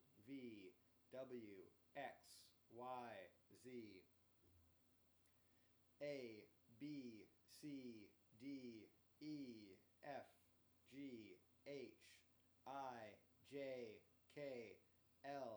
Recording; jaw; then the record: letters of the alphabet, spoken; free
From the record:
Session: first day, before the bite bar